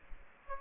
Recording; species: mosquito wingbeat signal from an infrared sensor; Aedes aegypti